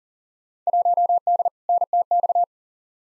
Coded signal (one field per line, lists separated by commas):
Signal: Morse code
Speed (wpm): 37 wpm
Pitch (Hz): 700 Hz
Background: none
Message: 1D NTX